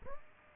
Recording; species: mosquito wingbeat signal from an infrared sensor; Aedes aegypti